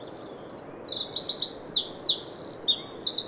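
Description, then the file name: Eurasian wren song, a rapid run of high, sharp notes and short trills tumbling along without pause for over two seconds. "Troglodytes troglodytes"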